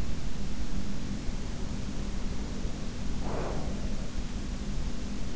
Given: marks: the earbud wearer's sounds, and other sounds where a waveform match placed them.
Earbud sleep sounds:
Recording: sounds in sleep by an in-ear microphone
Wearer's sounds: breath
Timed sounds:
2.85-4.15 s: breath

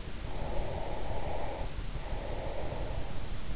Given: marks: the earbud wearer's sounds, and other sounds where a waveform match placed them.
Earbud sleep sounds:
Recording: sounds in sleep by an in-ear microphone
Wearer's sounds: breath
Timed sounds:
0.22-3.16 s: breath

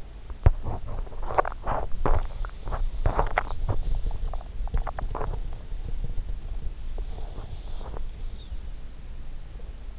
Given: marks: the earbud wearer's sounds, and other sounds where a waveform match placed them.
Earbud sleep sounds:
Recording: sounds in sleep by an in-ear microphone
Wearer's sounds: teeth grinding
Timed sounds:
0.00-8.17 s: teeth grinding

